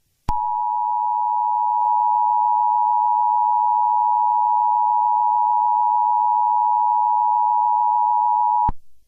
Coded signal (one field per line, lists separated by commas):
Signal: Emergency Alert System (SAME) tones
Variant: 853 and 960 Hz attention tone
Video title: EAS Scenario: The Wrath of Chaos 2 - The Angers of Water